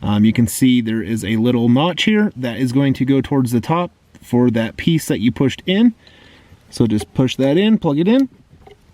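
Someone talks while lining up the plastic harness plug of a Pedal Commander aftermarket throttle controller, notch toward the top, with the factory wiring harness connector on a 2015-and-up Challenger or Charger. The plug is about to be pushed in, but nothing has seated or clicked yet.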